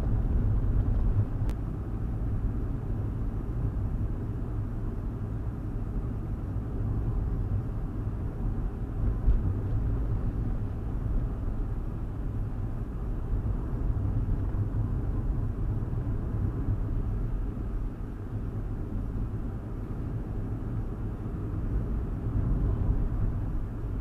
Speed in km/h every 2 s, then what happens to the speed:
42, 42, 40, 39, 40, 42, 42, 42, 42, 42, 44, 44.
0-24 steady at about 42.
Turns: none.